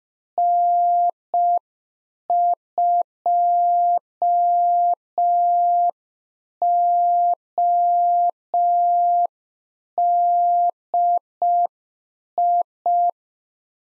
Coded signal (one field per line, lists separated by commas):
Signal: Morse code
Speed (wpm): 5 wpm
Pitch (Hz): 700 Hz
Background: none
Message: N2ODI